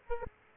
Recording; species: mosquito wingbeat signal from an infrared sensor; Aedes aegypti